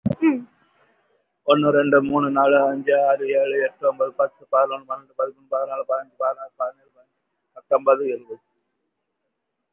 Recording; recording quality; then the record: counting at a fast pace; excellent, no background noise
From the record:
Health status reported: COVID-19 positive, mild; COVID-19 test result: positive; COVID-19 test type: RT-PCR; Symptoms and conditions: fever, fatigue, muscle pain, pneumonia, diabetes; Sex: male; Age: 75 years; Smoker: no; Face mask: not worn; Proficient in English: yes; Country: India